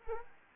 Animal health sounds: mosquito wingbeat signal from an infrared sensor; Anopheles arabiensis

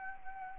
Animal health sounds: mosquito wingbeat signal from an infrared sensor; Anopheles gambiae

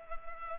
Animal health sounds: mosquito wingbeat signal from an infrared sensor; Culex pipiens

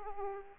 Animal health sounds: mosquito wingbeat signal from an infrared sensor; Aedes aegypti

